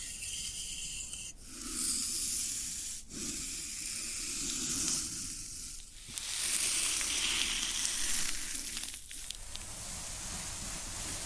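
Floral foam being rubbed and crushed in dense, gritty scraping bursts, briefly pausing near seconds 3, 6 and 9 before continuing.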